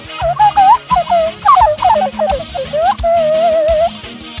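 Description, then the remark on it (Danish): A nose flute, blown through the nose like a nose kazoo, plays a breathy, whistling melody of sliding, warbling notes that ends on a long wavering held tone, with a low, pulsing musical accompaniment underneath. “anderledes... spilleteknik, eller fremblæseteknik, altså i det, at du blæser med næsen.”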